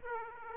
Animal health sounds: mosquito wingbeat signal from an infrared sensor; Aedes aegypti

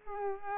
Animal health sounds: mosquito wingbeat signal from an infrared sensor; Culex pipiens

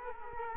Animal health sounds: mosquito wingbeat signal from an infrared sensor; Culex quinquefasciatus

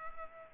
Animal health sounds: mosquito wingbeat signal from an infrared sensor; Culex pipiens

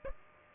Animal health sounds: mosquito wingbeat signal from an infrared sensor; Aedes aegypti

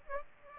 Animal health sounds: mosquito wingbeat signal from an infrared sensor; Aedes aegypti

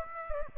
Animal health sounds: mosquito wingbeat signal from an infrared sensor; Aedes aegypti

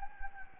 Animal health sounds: mosquito wingbeat signal from an infrared sensor; Anopheles gambiae

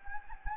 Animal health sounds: mosquito wingbeat signal from an infrared sensor; Anopheles gambiae

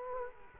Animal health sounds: mosquito wingbeat signal from an infrared sensor; Culex quinquefasciatus

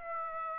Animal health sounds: mosquito wingbeat signal from an infrared sensor; Aedes aegypti

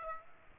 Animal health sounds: mosquito wingbeat signal from an infrared sensor; Aedes aegypti

